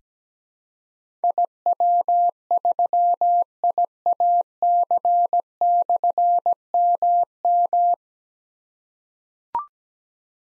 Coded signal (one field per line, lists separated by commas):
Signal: Morse code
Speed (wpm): 17 wpm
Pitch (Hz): 700 Hz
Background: none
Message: IW3IAC/MM